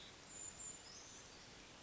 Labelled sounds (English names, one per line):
Brown Creeper